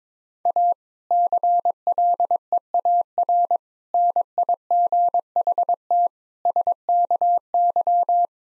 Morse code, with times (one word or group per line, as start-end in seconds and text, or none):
0.5-0.7 A
1.1-3.6 CLEAR
3.9-6.1 NIGHT
6.5-8.3 SKY